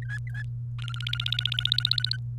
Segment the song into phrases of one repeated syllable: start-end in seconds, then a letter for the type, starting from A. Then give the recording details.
0.02-0.43 A, 0.79-2.17 B. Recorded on 28 April 2018 at 10:45. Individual llb3